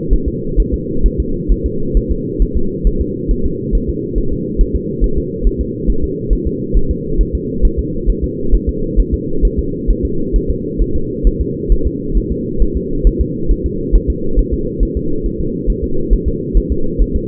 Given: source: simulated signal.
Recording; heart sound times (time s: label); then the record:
fetal heart sounds
0.13 s: S1
0.28 s: S2
0.60 s: S1
0.74 s: S2
1.06 s: S1
1.20 s: S2
1.52 s: S1
1.66 s: S2
1.97 s: S1
2.11 s: S2
2.42 s: S1
2.57 s: S2
2.87 s: S1
3.01 s: S2
3.31 s: S1
3.46 s: S2
3.75 s: S1
3.89 s: S2
4.18 s: S1
4.33 s: S2
4.61 s: S1
4.75 s: S2
5.04 s: S1
5.18 s: S2
5.47 s: S1
5.61 s: S2
5.90 s: S1
6.04 s: S2
6.33 s: S1
6.47 s: S2
6.77 s: S1
6.91 s: S2
7.21 s: S1
7.35 s: S2
7.65 s: S1
7.79 s: S2
8.10 s: S1
8.24 s: S2
8.55 s: S1
8.69 s: S2
9.00 s: S1
9.14 s: S2
9.45 s: S1
9.59 s: S2
9.91 s: S1
10.05 s: S2
10.36 s: S1
10.50 s: S2
10.82 s: S1
10.96 s: S2
11.27 s: S1
11.41 s: S2
11.72 s: S1
11.87 s: S2
12.17 s: S1
12.32 s: S2
12.62 s: S1
12.77 s: S2
13.07 s: S1
13.21 s: S2
13.51 s: S1
13.66 s: S2
13.95 s: S1
14.10 s: S2
14.39 s: S1
14.54 s: S2
14.83 s: S1
14.97 s: S2
15.26 s: S1
15.41 s: S2
15.70 s: S1
15.84 s: S2
16.13 s: S1
16.28 s: S2
16.57 s: S1
16.72 s: S2
17.02 s: S1
17.16 s: S2
From the record:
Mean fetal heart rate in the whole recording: 135 bpm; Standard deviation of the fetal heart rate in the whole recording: 3 bpm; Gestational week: 36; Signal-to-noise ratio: -8.1 dB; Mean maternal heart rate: 72 bpm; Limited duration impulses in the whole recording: absent